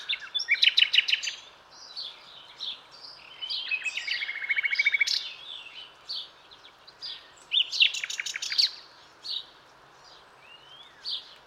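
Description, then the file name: Common nightingale song: rapid pulsed rattles, a long run of evenly repeated notes, and loud clicking trills between varied short whistles, with short pauses between phrases. "Luscinia megarhynchos"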